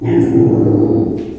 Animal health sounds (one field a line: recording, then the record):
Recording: squeal of a Yucatan mini pig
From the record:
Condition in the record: before surgery on the right vocal fold (resection and tissue-engineered implant)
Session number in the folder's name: 1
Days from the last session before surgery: -21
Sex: female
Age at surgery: 19 weeks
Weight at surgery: 25 kg